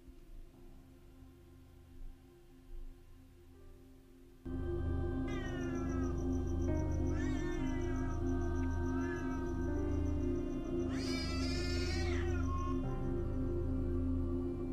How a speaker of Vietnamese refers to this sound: Vũ cố đưa mắt để tìm gã đàn ông người Mãn Châu như một thói quen, thì thấy con hắc miêu kêu lên dữ dội, tựa như là con mèo đang chuẩn bị đánh nhau vậy.